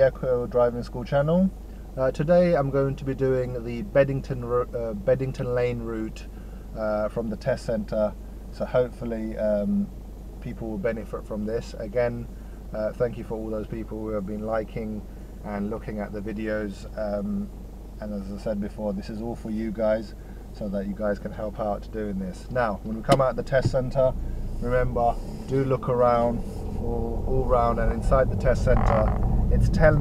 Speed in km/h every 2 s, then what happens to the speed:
0, 0, 0, 0, 0, 0, 0, 0, 0, 0, 0, 0, 5, 15, 16.
0-23 standing. 23-30 pulls away to 16.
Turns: none.